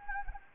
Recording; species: mosquito wingbeat signal from an infrared sensor; Anopheles gambiae